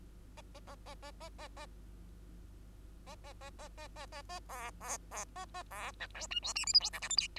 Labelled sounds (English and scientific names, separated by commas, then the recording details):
Bengalese Finch (Lonchura striata domestica) song
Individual Bird2